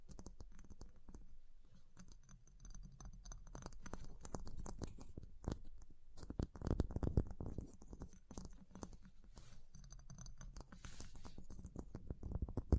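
Ice is tapped, scratched and carved in a dense run of short crunchy clicks and scrapes that rarely pause. The sounds are mostly dry and gritty, with a busier, louder patch of scraping around six to eight seconds and a faint high whine throughout.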